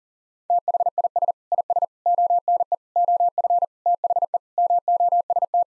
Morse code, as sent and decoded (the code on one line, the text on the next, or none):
- .... .. ... / .. ... / --- -. . / --- ..-. / - .... . / -- --- ... -
THIS IS ONE OF THE MOST